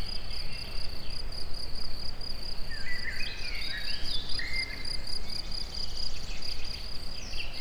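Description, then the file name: Cricket chirping in a steady, fast-pulsed high trill that never breaks, over a low rumbling background. Recorded in nature among several kinds of insects, crickets included, near a tourist house. "tobbfelerovar tucsokis egerturistahaz"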